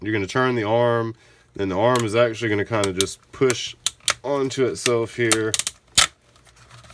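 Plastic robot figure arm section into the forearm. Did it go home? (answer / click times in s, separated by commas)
yes / 6.0 s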